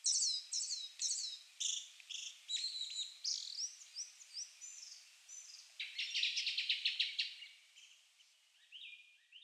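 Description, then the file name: Japanese thrush singing a fast, varied run of clear whistled and fluty phrases, some slurred and some trilled, with a buzzy rattling passage near the end. Nara, 23 April 2015. "kurotsugumi 150423 nara kuroda"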